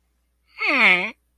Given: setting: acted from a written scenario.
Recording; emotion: vocal sound without words; embarrassment